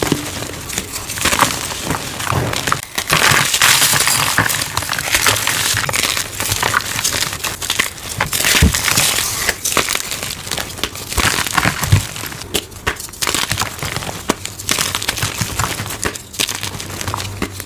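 Dyed gym chalk is crushed and crumbled in soft, crispy, powdery crunches that run without pause for the whole stretch. The crackle is dense, bright and gritty, with brief sharper snaps scattered throughout and a few quieter dips, notably near three and seventeen seconds.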